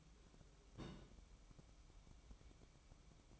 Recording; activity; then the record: daily activity, microphone in the room; place on stove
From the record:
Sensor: 1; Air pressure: 1008.1 hPa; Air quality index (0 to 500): 137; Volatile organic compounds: 2 ppm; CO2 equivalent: 1150 ppm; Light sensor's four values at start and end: 8/18/7/7 and 8/18/7/8